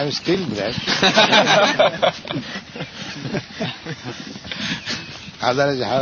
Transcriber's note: laughter